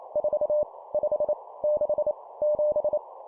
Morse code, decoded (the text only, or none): 4 5 6 7